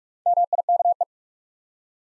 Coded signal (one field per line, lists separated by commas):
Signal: Morse code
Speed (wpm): 45 wpm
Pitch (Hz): 700 Hz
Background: none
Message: MIKE